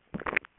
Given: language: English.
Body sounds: throat vibration sensor signal played as sound; swallow

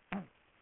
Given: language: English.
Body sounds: throat vibration sensor signal played as sound; throat clearing

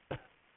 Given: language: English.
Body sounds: throat vibration sensor signal played as sound; cough

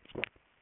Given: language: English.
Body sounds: throat vibration sensor signal played as sound; swallow

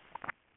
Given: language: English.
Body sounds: throat vibration sensor signal played as sound; swallow

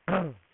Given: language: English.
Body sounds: throat vibration sensor signal played as sound; throat clearing

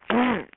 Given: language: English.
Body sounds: throat vibration sensor signal played as sound; throat clearing

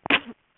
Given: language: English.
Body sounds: throat vibration sensor signal played as sound; cough

